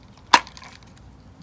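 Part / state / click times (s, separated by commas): fuel pump into fuel pump module housing / seated / 0.3 s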